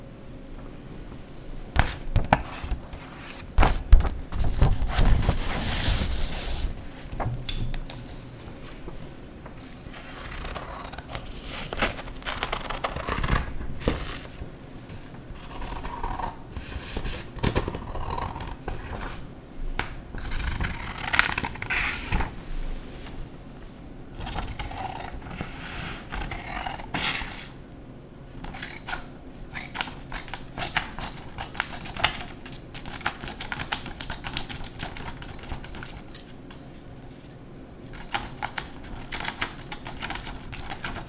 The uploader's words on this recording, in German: Scheren- und Schneidesounds. In dieser Folge zerschneide und zerreiße/knülle ich Papier.